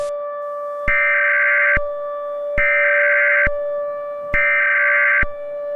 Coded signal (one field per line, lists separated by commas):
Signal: Emergency Alert System (SAME) tones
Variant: header bursts